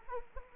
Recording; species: mosquito wingbeat signal from an infrared sensor; Anopheles arabiensis